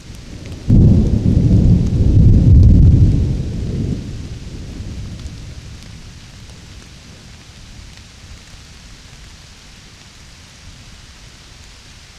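A summer storm in a hillside forest: a deep roll of thunder breaks in just before the first second, booms heavily for about three seconds, then fades into a long low grumble. A faint, steady hiss of light rain stays underneath throughout.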